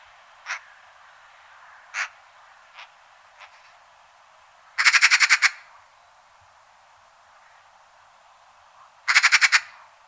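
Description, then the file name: Eurasian magpie chattering: two harsh, rapid machine-gun rattles about four seconds apart, preceded by a few scattered single harsh notes. "Pica pica"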